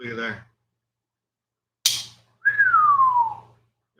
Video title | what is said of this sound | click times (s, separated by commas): 4th of July Knife Blowout | hear that snap on it right there? | 1.9 s